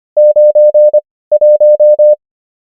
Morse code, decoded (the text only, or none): 91